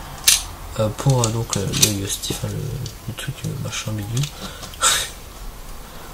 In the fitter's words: Donc voilà, vous clipsez, vous entendez un petit clip.